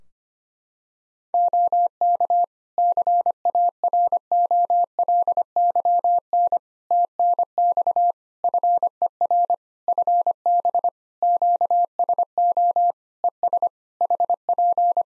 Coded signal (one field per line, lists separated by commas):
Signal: Morse code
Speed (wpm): 25 wpm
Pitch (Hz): 700 Hz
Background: none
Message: OK CAROLYN TNX FER FB QSO ES HP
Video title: Practice QSO - Exchange 4- Ending - 25wpm